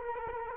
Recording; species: mosquito wingbeat signal from an infrared sensor; Culex quinquefasciatus